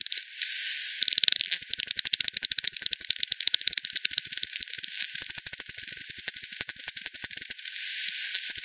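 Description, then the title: Bat echolocation pulses in quick rhythmic clicking sequences, with short quieter moments between busier bursts. Multiple bats at Hogsmill River, Hogsmill Lane, 7 October 2020, 18:10; frequency-divided by ten bat detector output, bandpass filtered and resampled. "WW bat 20201007 T 18 : 10 Z-Hogsmill-Lane-Hogsmill-River-multiple-bats"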